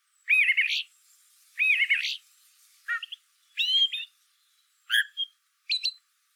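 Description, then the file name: Common blackbird song: a series of squeaky, chuckling phrases in quick succession. "Turdus merula"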